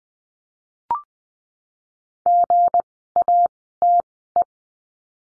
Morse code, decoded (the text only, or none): GATE